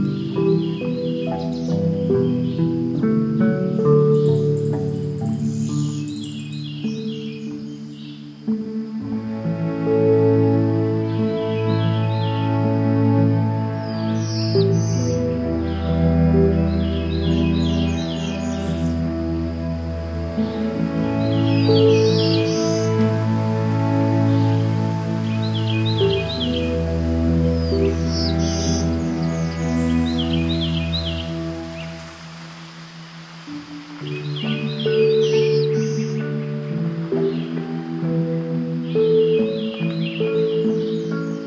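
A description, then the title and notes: Short bird chirps repeat high overhead on the Palm Hammock Trail above a steady low hum that shifts pitch and briefly quiets near 33 seconds. Today’s Soundwalk was taken April 8th 2022 along the Palm Hammock Trail at Merritt Island NWR in Florida. A palm hammock is an elevated plane in wetland environments where where Oaks, wild tamarind, cabbage palms, maple, and saw palmetto thrive.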